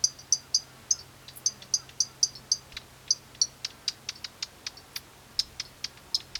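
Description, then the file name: Pallas's grasshopper warbler sharp calls: short, high, clicking ticks given in quick uneven runs, with some fainter ticks between. Sharp call type. "locustella certhiola sharp"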